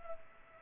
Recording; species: mosquito wingbeat signal from an infrared sensor; Culex pipiens